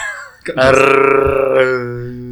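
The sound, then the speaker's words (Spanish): A person imitates a camel, with a mock Arabic accent, in one long, throaty groaning bellow, loud and buzzing with a wavering, gurgly tone, lasting about a second before trailing off. No words are spoken. “Camello. Pero sí, como caballo, vaca, lo que sea, sí, pero con acento árabe, ¿no?”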